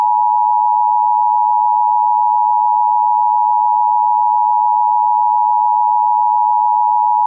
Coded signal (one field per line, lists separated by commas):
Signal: Emergency Alert System (SAME) tones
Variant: 853 and 960 Hz attention tone